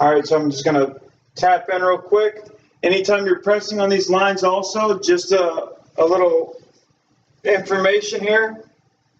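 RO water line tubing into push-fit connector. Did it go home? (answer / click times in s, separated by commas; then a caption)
no / none. A man talks while handling plastic RO water line tubing at a quick-connect push-fit fitting, with speech filling most of the clip and brief pauses between phrases. The tube has not yet been pushed home, so nothing has seated or clicked yet.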